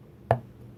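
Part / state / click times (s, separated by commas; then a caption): knife blade into hard plastic sheath / seated / 0.3 s. A Morakniv Companion outdoor knife is pushed into its hard plastic sheath again. It locks in with a loud, sharp click at 0.3 seconds and then quiet. The knife is seated and locked in the sheath.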